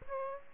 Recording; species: mosquito wingbeat signal from an infrared sensor; Aedes aegypti